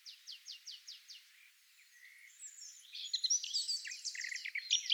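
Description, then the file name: Eurasian wren song: five quick high notes, a short quiet gap, then a fast, bright trilling burst that builds louder toward the end. "Troglodytes troglodytes"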